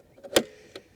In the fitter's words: simply put the batter in push it down when you hear it click you know what's in there